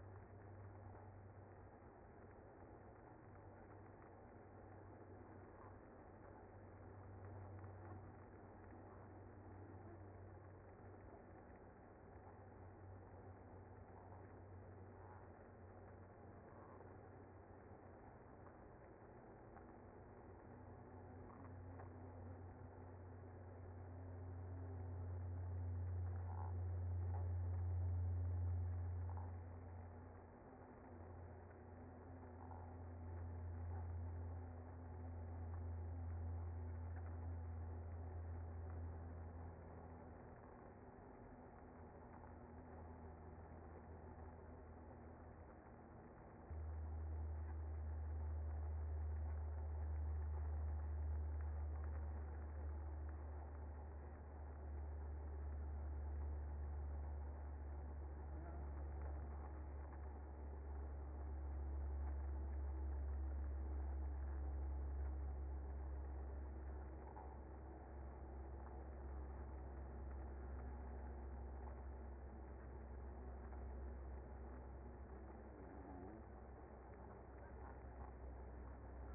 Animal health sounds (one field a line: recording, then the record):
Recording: honeybee colony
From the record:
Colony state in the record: active